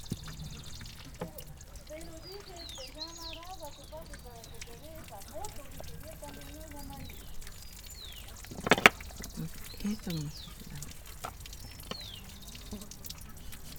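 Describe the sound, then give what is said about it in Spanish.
Water pours and drips steadily while animal stomach tripe is rinsed and washed after the dung is cleared out, with a voice talking over it and a brief sharp clatter partway through. “Pues esto se lava bien, después de levantar todo el abono se lava bien.”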